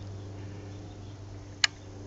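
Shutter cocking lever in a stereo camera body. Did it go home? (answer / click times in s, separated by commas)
yes / 1.6 s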